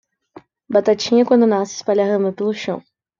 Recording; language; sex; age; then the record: short text; Brazilian Portuguese; female; 18 to 19 years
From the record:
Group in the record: control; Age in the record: 19 years